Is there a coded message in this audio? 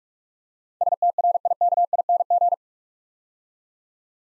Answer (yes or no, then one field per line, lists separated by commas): yes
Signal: Morse code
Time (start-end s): 0.8-2.5 s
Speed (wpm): 44 wpm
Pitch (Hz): 700 Hz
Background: none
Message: STRIKING